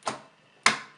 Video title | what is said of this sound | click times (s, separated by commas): Zalman Z3 PLUS WHITE Component Installation | then push it in till it clicks simple as that | 0.7 s